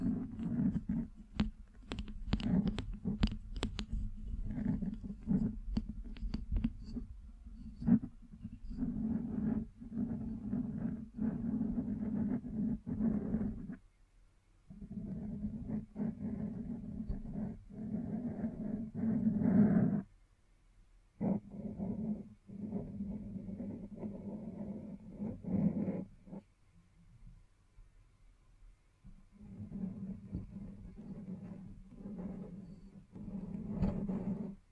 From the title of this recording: Scratching, Tracing, Tapping